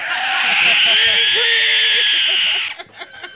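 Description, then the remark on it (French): A person imitates a pig with one long, loud, shrill squeal lasting nearly three seconds, ending abruptly and followed by a few faint sputtering bits. “Fais le cochon, c'est facile.”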